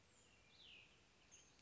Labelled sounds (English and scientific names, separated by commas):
Cassin's Vireo (Vireo cassinii)